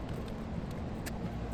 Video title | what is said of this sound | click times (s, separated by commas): Insensitive Pale Four-Eyed Bastard INTP Installs CPU | no click I hate it when there's no click I really do | none